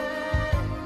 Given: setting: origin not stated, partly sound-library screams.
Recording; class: one-second piece from a danger detection set; normal situation